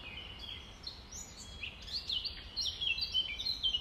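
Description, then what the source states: Nightingale song, varied whistled and trilled phrases with sharp rising and falling notes against a steady low background hiss. Recorded at dawn, around 05:33 on 5 May 2020.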